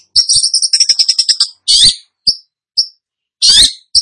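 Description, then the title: Long-tailed shrike song: a quick trill of high bright notes, then harsh scratchy bursts alternating with short whistled chips. Described as 'gacor', meaning singing vigorously. "Cendet Gacor"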